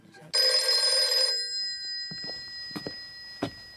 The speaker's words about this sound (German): Es war 2 Uhr nachts und wieder ging das Telefon. Die Anrufe kamen von Journalisten oder von Leuten, die völlig abwegige Theorien zu den Morden entwickelten.